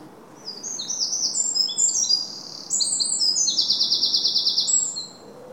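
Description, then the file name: Eurasian wren singing a high, energetic string of quick chips and warbled phrases, finishing with a rapid, regular trill before falling silent. "Troglodytes troglodytes"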